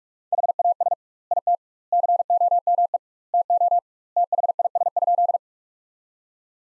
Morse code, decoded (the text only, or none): HAS IT COME TO THIS?